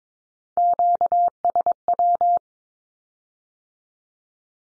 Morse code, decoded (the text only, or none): QSW